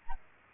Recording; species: mosquito wingbeat signal from an infrared sensor; Aedes aegypti